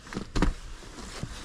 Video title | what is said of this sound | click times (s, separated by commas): Corolla E12 DIY Seat Rails | make sure it clicks into position as it should do if it doesn't click in on both sides you know you've got an issue | 0.4 s